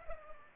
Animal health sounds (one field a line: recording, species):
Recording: mosquito wingbeat signal from an infrared sensor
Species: Culex pipiens